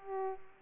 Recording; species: mosquito wingbeat signal from an infrared sensor; Aedes aegypti